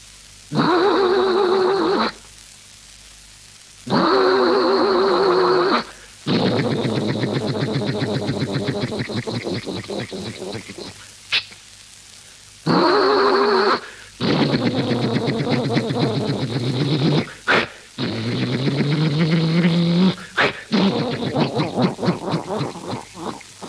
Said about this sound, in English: And now difference in temperament between two automobiles. First, an old Ford car.